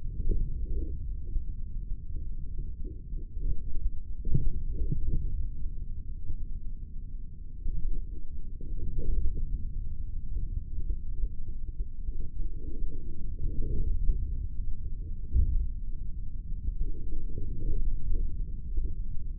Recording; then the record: forearm muscle sounds (acoustic myography)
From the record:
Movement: forearm supination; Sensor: system 3, bracelet of six PUI Audio POM-2738L microphones around the upper forearm, with dedicated amplification and filtering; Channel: 1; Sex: male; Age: 23 years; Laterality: right